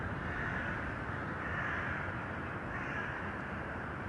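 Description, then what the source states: Crow caws, harsh and blurred, a few drawn-out calls spread throughout over a steady low rumble. Urban crows; recording processed, detuned.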